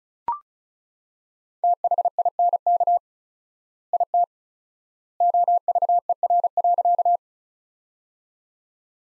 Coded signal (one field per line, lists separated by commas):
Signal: Morse code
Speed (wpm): 36 wpm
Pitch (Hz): 700 Hz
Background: none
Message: THINK IT OVER.